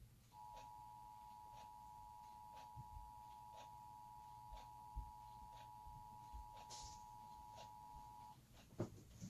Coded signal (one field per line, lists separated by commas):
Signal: Emergency Alert System (SAME) tones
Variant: 853 and 960 Hz attention tone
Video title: Emergency Alert System: Required Monthly test (RMT)/practice earthquake drill (Read discription)